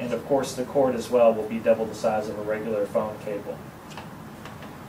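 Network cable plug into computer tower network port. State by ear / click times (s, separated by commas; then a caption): seated / 4.4 s. Someone talks while an Ethernet cable's plastic RJ45 plug is pushed into the network port on the back of a computer tower. A short click sounds at 4.4 s as the plug snaps in, and the plug is securely seated in the port.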